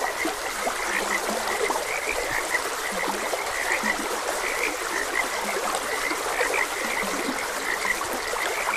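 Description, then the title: Frog chorus of quick, high croaks with a few deeper, drawn-out croaks between them, all set against constant trickling stream noise. Frogs croaking beside a gentle stream. "Gentle Stream and Frogs Croaking"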